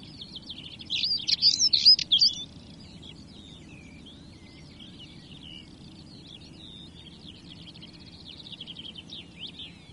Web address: european stonechat